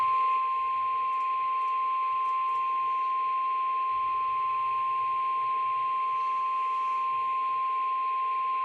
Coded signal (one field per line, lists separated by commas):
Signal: Emergency Alert System (SAME) tones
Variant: 1050 Hz attention tone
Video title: EAS 1440-1443: Ohio Severe Weather Awareness Week Alerts